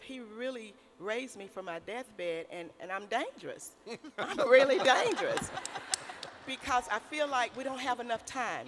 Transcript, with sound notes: He really raised me from my death bed, and I’m dangerous. (laughter) I’m really dangerous because I feel like we don’t have enough time.